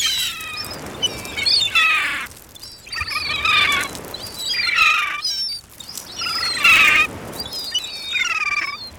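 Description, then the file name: Gulls calling in loud harmonic squeals with downward slurs, in bursts separated by short pauses. "Seagull"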